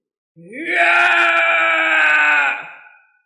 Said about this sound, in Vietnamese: Lục Nha hét to, xương cốt toàn thân như đang di động, không ngừng nổ vang như pháo trúc.